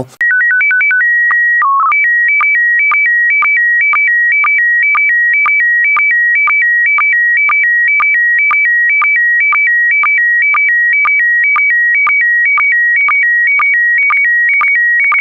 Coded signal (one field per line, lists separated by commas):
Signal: SSTV (slow-scan television)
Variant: PD 120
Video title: Daily Minutes, 8 januari 2019 (kort nieuws (heel kort), 2x SSTV, 2x DRM)